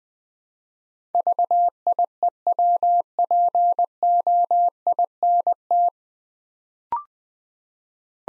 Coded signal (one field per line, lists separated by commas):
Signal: Morse code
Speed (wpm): 20 wpm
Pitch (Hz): 700 Hz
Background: none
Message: VIEWPOINT